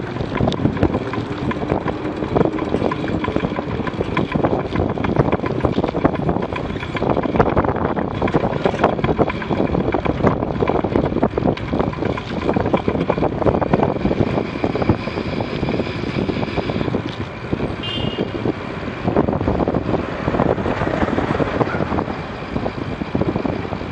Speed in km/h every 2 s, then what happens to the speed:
23, 25, 28, 29, 30, 32, 29, 25, 22, 21, 19, 16.
0-11 speeds up to 32. 11-24 slows to 16.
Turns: none.